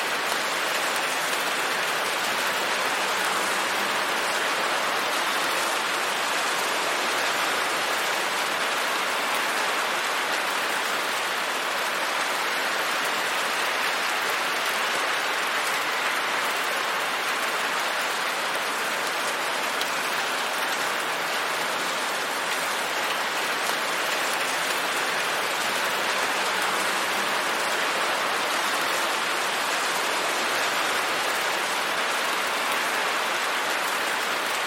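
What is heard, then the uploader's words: Steady, dense rain hisses evenly for the whole stretch, a close, bright patter with no breaks, gusts or distinct drips standing out. Rain sounds.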